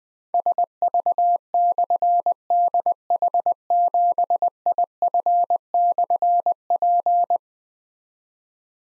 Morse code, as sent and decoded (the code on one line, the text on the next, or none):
... ...- -..-. -.. .... --... .. ..-. -..-. .--.
SV/DH7IF/P